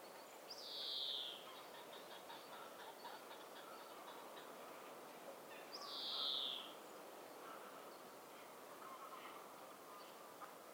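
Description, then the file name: European greenfinch calling two short, buzzy, slightly descending wheezes about five seconds apart, with quiet faint ticking and background noise between them. "Chloris chloris"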